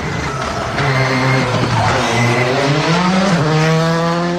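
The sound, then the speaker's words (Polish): A rally car roars past at speed on the final special stage, stage 13, Dziećmierowice–Świdnica, its engine revving hard with rising and falling harmonic whines as it shifts gears, loud and continuous throughout with no voices. “Gwizdek to oznacza, że nadjeżdża kolejna załoga i zaraz ją usłyszycie Państwo.”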